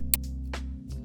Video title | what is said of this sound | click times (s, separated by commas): How to Change the Spark Plugs in a 2010 Honda Accord Coupe 3.5L V6 E-XL - How Easy is it? EASY. | And then kids, as always, wait for the click. | 0.1 s